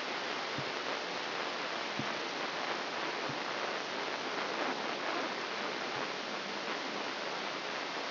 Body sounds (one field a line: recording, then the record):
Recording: brain microelectrode recording played as sound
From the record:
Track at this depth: inside the subthalamic nucleus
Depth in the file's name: 6.105 mm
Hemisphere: left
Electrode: 3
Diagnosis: Parkinson's disease